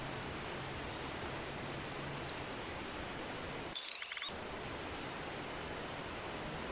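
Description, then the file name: Sunbird calls: sharp, very high, thin notes slurring downward, given at somewhat irregular intervals of about one and a half to two seconds, with one brief burst of hissy noise and a dropout. "suara panggilan burung madu matari. omkicau"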